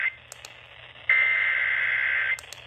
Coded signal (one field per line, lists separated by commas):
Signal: Emergency Alert System (SAME) tones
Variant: header bursts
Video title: EAS Alerts From 5/31/25: A Compilation (EAS 699-709)